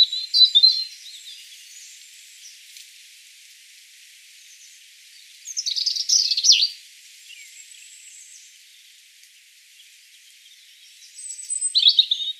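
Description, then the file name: European robin singing high warbling phrases at the start, middle and end, separated by long gaps of soft hiss and faint twittering. "Erithacus rubecula"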